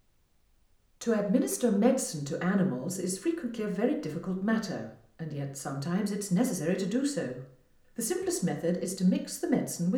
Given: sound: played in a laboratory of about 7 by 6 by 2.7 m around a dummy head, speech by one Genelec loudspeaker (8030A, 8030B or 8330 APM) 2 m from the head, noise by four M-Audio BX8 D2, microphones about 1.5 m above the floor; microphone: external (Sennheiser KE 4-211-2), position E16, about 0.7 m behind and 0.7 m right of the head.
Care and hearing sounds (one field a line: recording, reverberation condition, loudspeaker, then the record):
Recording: female speech in English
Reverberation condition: medium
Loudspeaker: behind (180 degrees)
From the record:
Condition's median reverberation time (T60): about 510 ms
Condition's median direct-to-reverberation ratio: about -0.5 dB